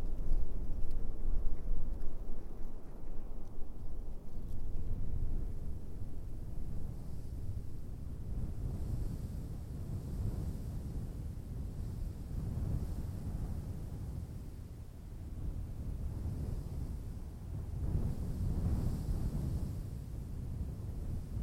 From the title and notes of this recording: Arabian Desert is a collection of stereo and quad soundscapes recorded on the Arabian Peninsula in the Empty Quarter, the largest expanse of sand dunes on Earth.